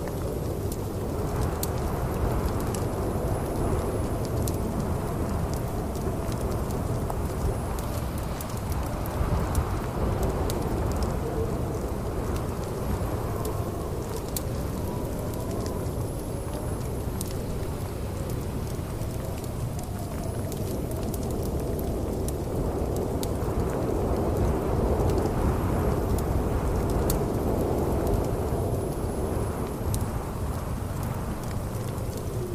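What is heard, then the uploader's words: A roaring blizzard fills the street outside, a dense, steady rush of low wind that swells slightly toward the end. Scattered sharp clicks and taps cut through, and faint high whistles drift in every few seconds. The roaring blizzard fill the street outside. Cozy Winter Ambience With Sounds of A Fireplace Snowfall and Blizzard Sounds.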